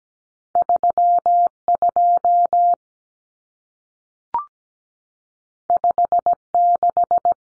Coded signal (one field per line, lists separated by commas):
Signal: Morse code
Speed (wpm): 17 wpm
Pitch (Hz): 700 Hz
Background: none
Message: 32 56